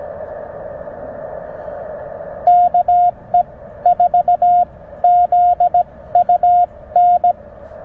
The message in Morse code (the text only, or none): KE4ZUN